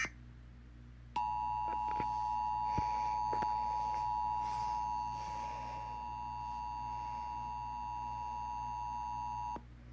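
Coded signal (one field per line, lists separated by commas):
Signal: Emergency Alert System (SAME) tones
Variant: 853 and 960 Hz attention tone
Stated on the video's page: Tornado warning.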